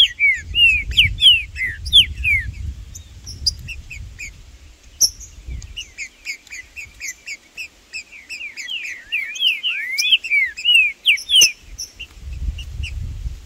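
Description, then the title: Green-winged saltator singing dense chirped phrases and swooping whistles almost continuously, with low rumbling background noise at start and end. Several birds in the bush, including ones called Blindado and Tufão, singing and chirping while competing as males with a free-living bird. "Seu TRINCA Piando, Cantando E Macheando Na DISPUTA. Trinca Ferro no MATO Cantando e Macheando muito com Solto! Blindado e Tufão no mato"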